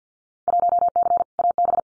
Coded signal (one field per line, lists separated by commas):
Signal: Morse code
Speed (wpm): 50 wpm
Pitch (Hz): 700 Hz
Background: none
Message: 1C AB